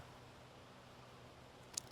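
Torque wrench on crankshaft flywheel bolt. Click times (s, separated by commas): 1.8 s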